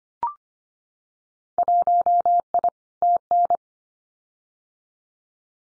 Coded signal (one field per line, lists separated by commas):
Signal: Morse code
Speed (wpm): 25 wpm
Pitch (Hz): 700 Hz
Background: none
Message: 1I TN